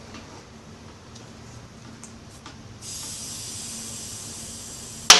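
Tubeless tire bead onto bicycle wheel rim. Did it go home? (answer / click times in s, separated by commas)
yes / 5.1 s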